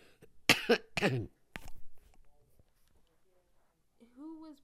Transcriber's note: she coughs